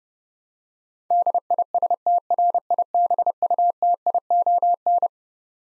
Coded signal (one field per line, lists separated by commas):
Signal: Morse code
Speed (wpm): 30 wpm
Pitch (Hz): 700 Hz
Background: none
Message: DISTRIBUTION